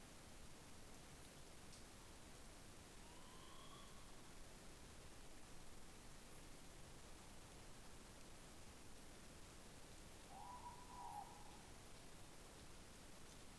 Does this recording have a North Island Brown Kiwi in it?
no